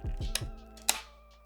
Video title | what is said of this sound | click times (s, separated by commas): Donner HUSH-X Review: Is Headless REALLY Better? | You want to hear that click? Yep. | 0.9 s